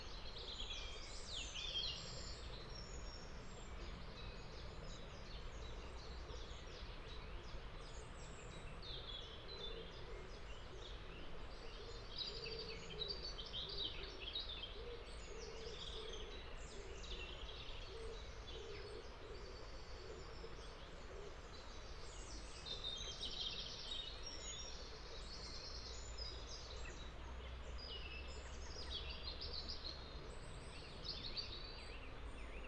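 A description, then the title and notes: Shallow water babbles steadily along Todd Brook, a soft, even hiss with a low rumble underneath that holds constant throughout. Bright bird chirps and song phrases come through frequently across the whole clip, thickest near the start and again after the midpoint. Forest ravine. This precipitous place, high in the Derbyshire hills, flows with birdsong and fresh moorland water. It's aural presence is made almost entirely of natural things. Below that, the fresh flowing water of Todd Brook, babbling its way shallowly, filling the air with delicate soft white noise.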